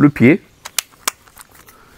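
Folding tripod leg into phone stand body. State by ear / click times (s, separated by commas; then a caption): seated / 0.8 s, 1.1 s. A folded plastic tripod leg is clipped into its clip on the body of a phone stand while someone talks. After a soft tap at 0.7 s, two sharp clicks land at 0.8 s and 1.1 s, and the leg is seated in place.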